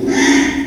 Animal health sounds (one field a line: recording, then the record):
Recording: squeal of a Yucatan mini pig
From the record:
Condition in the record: after surgery on the right vocal fold (resection and tissue-engineered implant)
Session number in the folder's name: 3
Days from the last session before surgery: 33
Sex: male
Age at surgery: 12 weeks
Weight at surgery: 13 kg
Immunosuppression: cyclosporine, prednisolone